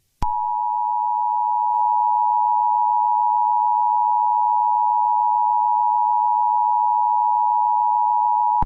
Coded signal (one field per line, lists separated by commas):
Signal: Emergency Alert System (SAME) tones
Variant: 853 and 960 Hz attention tone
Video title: EAS Scenario | Shrek Chapter II (#97)